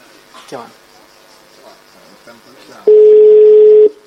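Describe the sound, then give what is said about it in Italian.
A WhatsApp call ringing tone: after some low, murmured talk, a single loud, steady mid-pitched beep sounds for about a second, then cuts off. “Comunque bene, anche benino WhatsApp. Pronto?”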